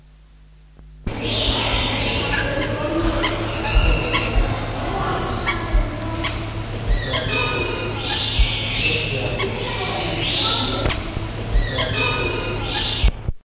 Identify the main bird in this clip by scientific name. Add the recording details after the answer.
Picus erythropygius. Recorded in captivity. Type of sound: call. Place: Zoo Köln, Nordrhein-Westfalen, DE. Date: 1975-02-15. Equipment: Halbspur, 9,5 cm/s. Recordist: Lütgens, Hans. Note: Rufe